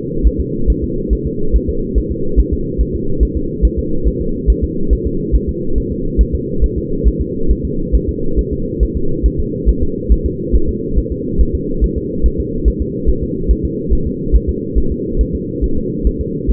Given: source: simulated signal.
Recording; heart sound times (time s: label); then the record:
fetal heart sounds
0.27 s: S1
0.40 s: S2
0.70 s: S1
0.84 s: S2
1.13 s: S1
1.27 s: S2
1.56 s: S1
1.69 s: S2
1.98 s: S1
2.12 s: S2
2.40 s: S1
2.53 s: S2
2.81 s: S1
2.95 s: S2
3.23 s: S1
3.37 s: S2
3.65 s: S1
3.79 s: S2
4.08 s: S1
4.21 s: S2
4.50 s: S1
4.64 s: S2
4.93 s: S1
5.07 s: S2
5.35 s: S1
5.49 s: S2
5.78 s: S1
5.92 s: S2
6.21 s: S1
6.35 s: S2
6.64 s: S1
6.78 s: S2
7.07 s: S1
7.21 s: S2
7.51 s: S1
7.65 s: S2
7.95 s: S1
8.09 s: S2
8.39 s: S1
8.53 s: S2
8.83 s: S1
8.97 s: S2
9.26 s: S1
9.40 s: S2
9.69 s: S1
9.83 s: S2
10.12 s: S1
10.26 s: S2
10.55 s: S1
10.69 s: S2
10.98 s: S1
11.12 s: S2
11.41 s: S1
11.55 s: S2
11.84 s: S1
11.98 s: S2
12.26 s: S1
12.40 s: S2
12.68 s: S1
12.82 s: S2
13.10 s: S1
13.23 s: S2
13.51 s: S1
13.65 s: S2
13.93 s: S1
14.07 s: S2
14.36 s: S1
14.49 s: S2
14.78 s: S1
14.92 s: S2
15.21 s: S1
15.35 s: S2
15.64 s: S1
15.78 s: S2
16.07 s: S1
16.21 s: S2
16.50 s: S1
From the record:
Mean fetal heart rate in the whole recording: 140 bpm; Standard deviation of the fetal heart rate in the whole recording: 2 bpm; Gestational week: 34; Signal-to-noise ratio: -8.1 dB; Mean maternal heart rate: 72 bpm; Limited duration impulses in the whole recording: absent